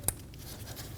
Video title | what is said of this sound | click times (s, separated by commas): How to Replace Intake Manifold 2012-2022 Volkswagen Passat | We're going to install our connector. Push until you hear that click. | 0.1 s